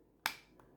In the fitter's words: and you just slide this in and you'll hear a click